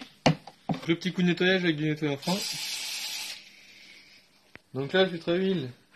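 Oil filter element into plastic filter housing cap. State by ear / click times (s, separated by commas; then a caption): not seated / none. Someone talks while handling a paper oil filter element for a Peugeot 208 GTI, about to push it back into its plastic bell-shaped housing cap. A burst of spray-like hiss is heard from about 2.2 to 3.3 s, with a few short knocks, the sharpest at 0.3 s. Nothing has seated or clicked yet.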